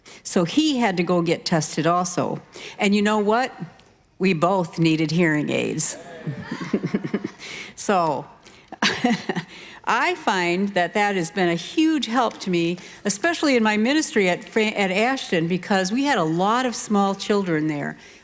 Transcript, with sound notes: So, he had to go get tested also. And you know what? We both needed hearing aids. (Audience Laughing) So, I find that that has been a huge help to me, especially in my ministry at Ashton, because we had a lot of small children there.